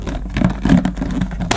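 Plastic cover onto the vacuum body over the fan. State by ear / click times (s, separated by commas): seated / 1.5 s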